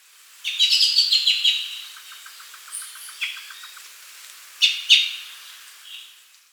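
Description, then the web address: Glossy-black thrush singing a fast, high warbled burst, followed by a train of quiet clicking notes and several sharp, bright phrases, with one soft note at the close. Ecuador. "S America Birds of Ecuador. Glossy-Black Thrush"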